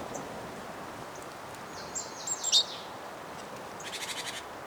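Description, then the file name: Great tit giving a run of very high thin descending notes, then a brief scratchy rattle of quick pulses, with soft steady background noise. "Parus major"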